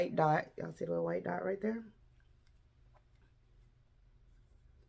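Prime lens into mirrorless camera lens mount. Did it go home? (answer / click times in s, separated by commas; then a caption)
no / none. Someone talks while lining up the white alignment dot on a Canon EF-22mm prime lens with the white dot on a mirrorless camera's lens mount before twisting it on. Speech fills the first two seconds, followed by near silence with a faint low hum. The lens is only being handled here, and nothing has seated or clicked yet.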